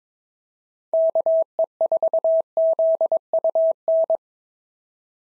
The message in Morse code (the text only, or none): KE4ZUN